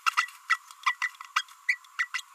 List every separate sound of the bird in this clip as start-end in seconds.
0.49-0.59, 0.86-0.96, 1.02-1.08, 1.36-1.42, 1.68-1.78, 1.99-2.08, 2.14-2.22